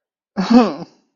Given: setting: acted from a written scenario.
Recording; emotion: vocal sound without words; shame